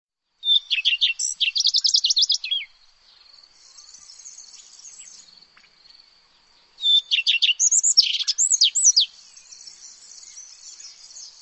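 Bird singing quick trills and swooping whistled notes in two bursts several seconds apart, a soft steady buzz filling the gaps.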